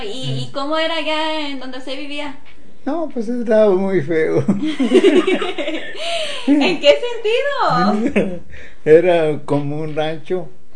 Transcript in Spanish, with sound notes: Y, ¿cómo era allá en donde usted vivía?
No, pos estaba muy feo. (risas)
¿En qué sentido?
Era como un rancho.